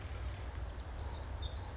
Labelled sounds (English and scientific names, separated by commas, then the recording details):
Pacific Wren (Troglodytes pacificus)
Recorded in Sonoma County, California